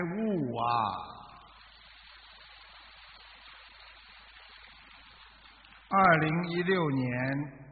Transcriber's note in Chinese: 掌声